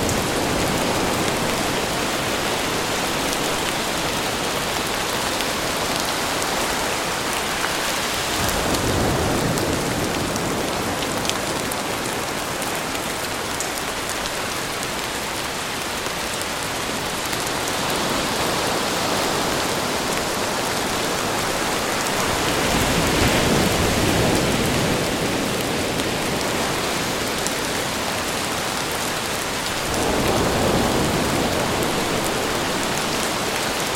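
Rain falls steadily on the sea, a dense, even hiss with fine patter throughout. Waves roll in every several seconds, each swell adding a deeper rumbling wash that rises and recedes, around the 9, 18, 23 and 30 second marks.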